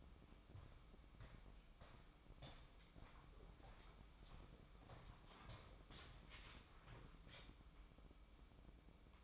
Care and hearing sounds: daily activity, microphone in the room; walk to room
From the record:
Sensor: 1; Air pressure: 1008.2 hPa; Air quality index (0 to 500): 139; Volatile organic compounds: 2 ppm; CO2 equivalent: 1172 ppm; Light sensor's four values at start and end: 10/25/10/11 and 10/23/9/10

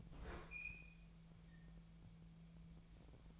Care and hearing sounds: daily activity, microphone in the room; open fridge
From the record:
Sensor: 1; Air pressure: 1009.8 hPa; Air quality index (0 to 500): 191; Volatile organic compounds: 18 ppm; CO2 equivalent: 2614 ppm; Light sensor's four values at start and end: 33/84/35/42 and 33/84/35/43

